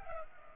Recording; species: mosquito wingbeat signal from an infrared sensor; Culex pipiens